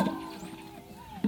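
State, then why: Not seated. The quick-connect fitting of a 15-inch stainless steel surface cleaner is handled at the end of a pressure washer wand, where it is being connected in place of a nozzle tip. Soft handling noise plays over a steady tonal background, with a brief louder knock near 1.2 s. Nothing has seated or clicked yet.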